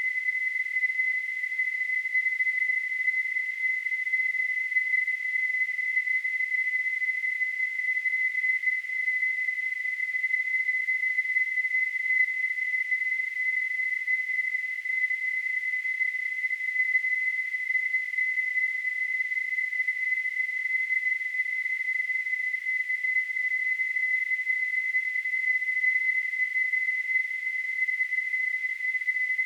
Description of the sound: Tinnitus.